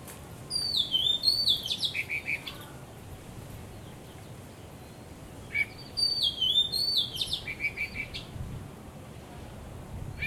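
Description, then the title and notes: Bird song in two energetic bursts of high swooping whistles and rapid chattering, several seconds apart, with faint hiss in between. Birds singing vigorously at Wu Kai Sha, Hong Kong, on 15 December 2006; recorded with AKG condenser microphones in XY stereo. "香港 烏溪沙 雀鳥勁唱歌 Date: 15 December 2006"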